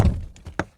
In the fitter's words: There we go, clicked back into place.